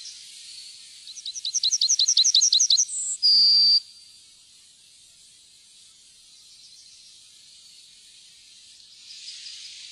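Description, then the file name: Yellowhammer song, a quick series of high chipping notes, a brief higher note and a long level final note, then quiet background. "gulspurv"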